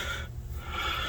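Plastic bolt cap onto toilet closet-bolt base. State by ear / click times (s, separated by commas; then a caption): not seated / none. A plastic bolt cap is handled over a toilet closet-bolt base while a Project Source Pro Flush Dual toilet is installed. A steady, breathy broadband rustle runs over a low hum, with no sharp hits. Nothing has seated or clicked yet.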